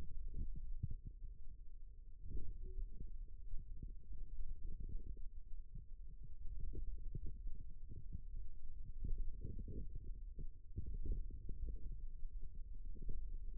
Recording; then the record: forearm muscle sounds (acoustic myography)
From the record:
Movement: radial deviation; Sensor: system 2, bracelet of six BSWA MPA416 microphones around the upper forearm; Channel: 3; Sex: male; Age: 22 years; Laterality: right